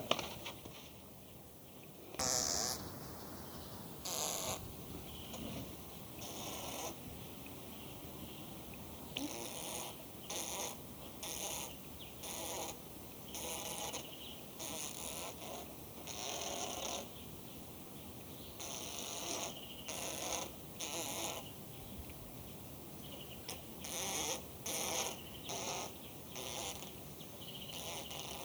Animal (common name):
Western Gorilla